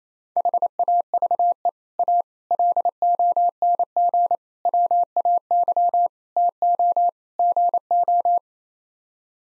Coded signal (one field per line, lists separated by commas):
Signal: Morse code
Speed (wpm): 28 wpm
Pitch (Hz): 700 Hz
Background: none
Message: HAVE A LONG WAY TO GO